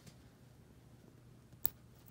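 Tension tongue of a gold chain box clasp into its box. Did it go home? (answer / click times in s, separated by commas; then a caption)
yes / 1.7 s. The tension tongue of a 5mm gold chain's box clasp is pushed one-handed into its box, with only a faint low hum before it. A single sharp, bright click sounds at 1.7 s as the clasp seats and shuts securely.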